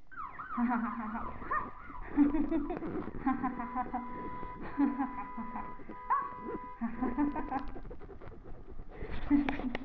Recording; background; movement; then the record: laughter; traffic; sitting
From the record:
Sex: female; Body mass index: 22.6 kg/m2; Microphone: on the chest, facing the body